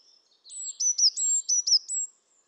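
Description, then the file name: Eurasian blue tit with a brief series of high, piercing notes, each a level tone sliding steeply downward, about six in quick succession. "Cyanistes caeruleus"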